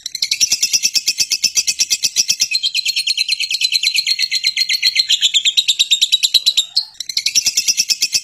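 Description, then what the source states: Lovebird long chatter: a continuous rapid stream of high, harsh twittering notes, briefly broken near the end before resuming. Long continuous chatter, called ngekek panjang.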